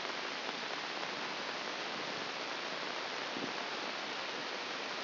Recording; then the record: brain microelectrode recording played as sound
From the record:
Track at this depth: inside the subthalamic nucleus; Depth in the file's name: 4.398 mm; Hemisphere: left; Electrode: 2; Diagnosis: Parkinson's disease